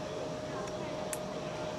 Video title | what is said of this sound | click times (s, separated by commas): REFOND EQUIPMENT @ ITMA ASIA + CITME 2020 Shanghai Exhibition 3rd Day | you will hear a click that indicates the firm connection | 1.1 s